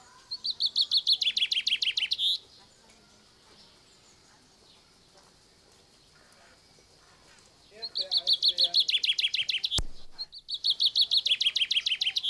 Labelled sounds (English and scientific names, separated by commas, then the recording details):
Common Chaffinch (Fringilla coelebs)
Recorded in captivity
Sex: male
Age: adult
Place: Zoo Berlin, Berlin, DE
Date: 1992-06-06 11:56
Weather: sonnig, 24-28° C
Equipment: Nagra SN, Mikrofon AKG CK 8, Kopie Tesla B 116
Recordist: Tembrock, Günter
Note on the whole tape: Voliere am Eingang der Fasanerie: Gesang ca. 18 Strophen